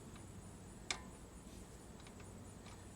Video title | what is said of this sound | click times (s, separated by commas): Install and remove a wheel | think we got a click over there. That one worked. Okay. | 0.9 s